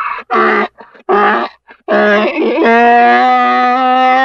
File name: donkey voice